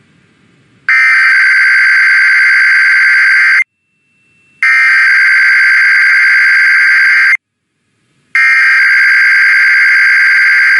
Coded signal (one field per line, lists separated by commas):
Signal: Emergency Alert System (SAME) tones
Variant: header bursts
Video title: Sacramento Required Monthly Test (EAS #897-904) 1/6/25